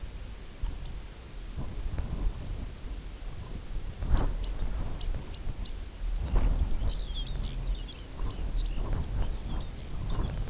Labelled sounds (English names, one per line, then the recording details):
Red Phalarope
Lapland Longspur
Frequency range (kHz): Red Phalarope 2.1-5.6 kHz; Lapland Longspur 2.1-7.2 kHz
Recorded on Arctic tundra, site UTQI-0, on 16 June 2019
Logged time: 20:00